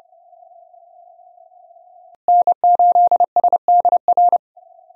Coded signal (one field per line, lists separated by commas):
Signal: Morse code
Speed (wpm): 30 wpm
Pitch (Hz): 710 Hz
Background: none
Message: N8SDR